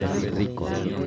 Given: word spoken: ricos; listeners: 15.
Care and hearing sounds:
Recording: one Spanish word in noise, from a listening test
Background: eight-talker babble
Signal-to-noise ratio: -1.9 dB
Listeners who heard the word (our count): 2 of 15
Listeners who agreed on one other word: 6 of 15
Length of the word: 0.67 s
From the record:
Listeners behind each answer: 6, 2, 1, 1, 1, 1, 1, 1, 1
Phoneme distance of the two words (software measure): 7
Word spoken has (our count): 2 syllables, 5 phonemes, stress on syllable 1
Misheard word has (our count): 2 syllables, 4 phonemes, stress on syllable 1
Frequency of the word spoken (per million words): 31.66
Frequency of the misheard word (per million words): 63.71

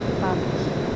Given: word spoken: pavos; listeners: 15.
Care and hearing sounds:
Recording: one Spanish word in noise, from a listening test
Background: speech-shaped noise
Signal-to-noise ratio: -6.2 dB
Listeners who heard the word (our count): 2 of 15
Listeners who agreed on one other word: 7 of 15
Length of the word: 0.56 s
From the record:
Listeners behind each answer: 7, 2, 2, 1, 1, 1, 1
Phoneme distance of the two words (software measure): 20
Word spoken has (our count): 2 syllables, 5 phonemes, stress on syllable 1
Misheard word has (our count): 2 syllables, 5 phonemes, stress on syllable 1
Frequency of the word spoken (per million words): 1.44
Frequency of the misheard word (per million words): 150.99

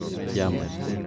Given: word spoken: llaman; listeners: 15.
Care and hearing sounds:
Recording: one Spanish word in noise, from a listening test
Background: eight-talker babble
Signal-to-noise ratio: 0.7 dB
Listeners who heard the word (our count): 0 of 15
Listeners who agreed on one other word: 8 of 15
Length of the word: 0.67 s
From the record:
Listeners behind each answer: 8, 3, 1, 1, 1, 1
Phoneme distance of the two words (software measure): 10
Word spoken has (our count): 2 syllables, 5 phonemes, stress on syllable 1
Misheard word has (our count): 2 syllables, 5 phonemes, stress on syllable 1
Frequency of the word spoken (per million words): 34.43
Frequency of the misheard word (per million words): 19.10

